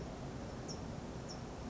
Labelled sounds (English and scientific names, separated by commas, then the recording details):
California Towhee (Melozone crissalis)
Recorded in Sonoma County, California